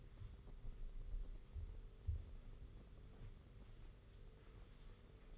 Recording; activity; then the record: daily activity, microphone in the room; wipe stove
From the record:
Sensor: 4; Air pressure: 991.3 hPa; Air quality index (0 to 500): 163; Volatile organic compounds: 157 ppm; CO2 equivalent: 4052 ppm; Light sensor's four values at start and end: 25/81/30/31 and 25/81/30/31